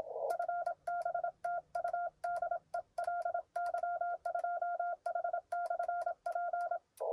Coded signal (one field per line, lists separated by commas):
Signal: Morse code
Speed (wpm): 27 wpm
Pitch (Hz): 1400 Hz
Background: none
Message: FB TU DE LY2H/P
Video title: Lossy RG-174 cable is good for DX! Test in the park (and updated info in the description!)